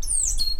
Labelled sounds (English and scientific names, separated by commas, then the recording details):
Stitchbird (Notiomystis cincta) song
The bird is a male
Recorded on Tiritiri Matangi Island, New Zealand, in 2005
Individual 2, of nest box 2